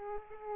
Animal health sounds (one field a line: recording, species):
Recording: mosquito wingbeat signal from an infrared sensor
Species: Aedes aegypti